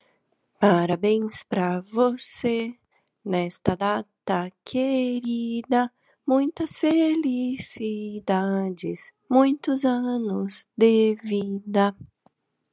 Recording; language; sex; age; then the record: short text; Brazilian Portuguese; female; 40 to 49 years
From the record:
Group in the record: control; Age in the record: 41 years